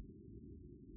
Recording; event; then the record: neck accelerometer signal played as sound; no cough (speech, laughter, throat clearing or background)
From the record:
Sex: male